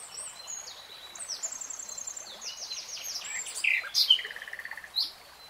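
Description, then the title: Nightingale: bird song of mixed whistles, slurred notes and a quick series of repeated notes, fairly quiet against background hiss, with a few sharp louder calls near the end. Nightingale singing in real time. "[Tiếng chim hót] 3 Hours REALTIME Nightingale Singing"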